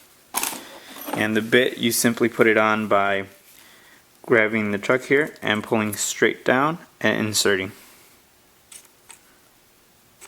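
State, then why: Seated. A hex-shank steel chisel bit is fitted into the chuck of an XtremepowerUS 1000W demolition hammer (jackhammer) by pulling the chuck sleeve straight down and inserting the bit while someone talks. After the talking stops, a short sharp click at 9.1 s marks the bit locking into the chuck, seated.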